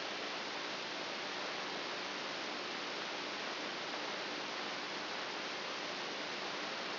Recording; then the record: brain microelectrode recording played as sound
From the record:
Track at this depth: inside the subthalamic nucleus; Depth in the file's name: 0.441 mm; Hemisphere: right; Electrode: 2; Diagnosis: Parkinson's disease